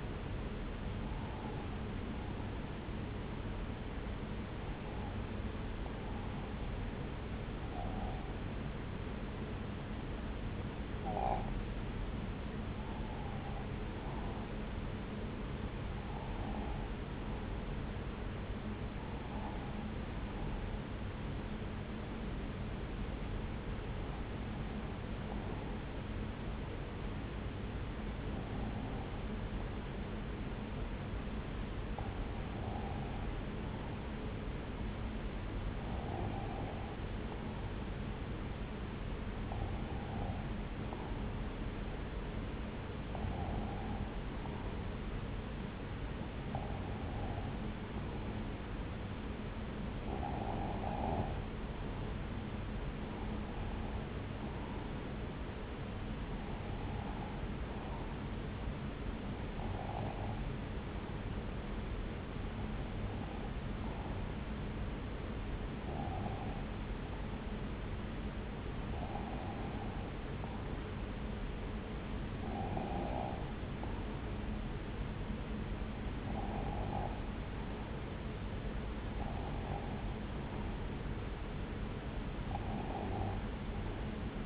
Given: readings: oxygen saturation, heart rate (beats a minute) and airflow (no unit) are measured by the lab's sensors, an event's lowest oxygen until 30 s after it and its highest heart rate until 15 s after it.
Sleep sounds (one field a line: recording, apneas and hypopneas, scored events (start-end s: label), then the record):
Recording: breathing in sleep by a voice recorder at the bedside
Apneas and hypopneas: 1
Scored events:
9.00-37.10 s: hypopnea (N1, oxygen 96% highest, then 93% lowest)
64.00-84.46 s: new sleep stage, N2 (light sleep)
From the record:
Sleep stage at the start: N1 (lightest sleep)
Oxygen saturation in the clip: 93 to 96%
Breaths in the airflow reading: 25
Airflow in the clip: -2.4 to 2.1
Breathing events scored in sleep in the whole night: 335 in 6.7 hours asleep